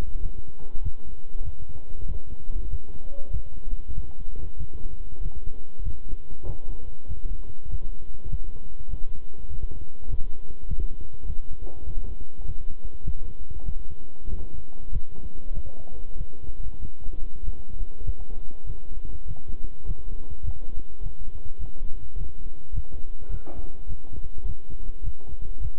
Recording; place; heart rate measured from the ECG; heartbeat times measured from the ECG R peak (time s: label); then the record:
heart sounds by stethoscope; between the tricuspid and mitral areas; 99 bpm
0.20 s: heartbeat
0.81 s: heartbeat
1.42 s: heartbeat
2.05 s: heartbeat
2.68 s: heartbeat
3.30 s: heartbeat
3.93 s: heartbeat
4.57 s: heartbeat
5.20 s: heartbeat
5.81 s: heartbeat
6.44 s: heartbeat
7.06 s: heartbeat
7.68 s: heartbeat
8.28 s: heartbeat
8.88 s: heartbeat
9.48 s: heartbeat
10.07 s: heartbeat
10.66 s: heartbeat
11.25 s: heartbeat
11.85 s: heartbeat
12.44 s: heartbeat
13.03 s: heartbeat
13.64 s: heartbeat
14.26 s: heartbeat
14.90 s: heartbeat
15.52 s: heartbeat
16.16 s: heartbeat
16.79 s: heartbeat
17.42 s: heartbeat
18.03 s: heartbeat
18.64 s: heartbeat
19.25 s: heartbeat
19.85 s: heartbeat
20.43 s: heartbeat
21.01 s: heartbeat
21.58 s: heartbeat
22.15 s: heartbeat
22.72 s: heartbeat
23.29 s: heartbeat
23.86 s: heartbeat
24.44 s: heartbeat
25.02 s: heartbeat
25.60 s: heartbeat
From the record:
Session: walking at 3.7 km/h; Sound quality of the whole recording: good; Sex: male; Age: 26 years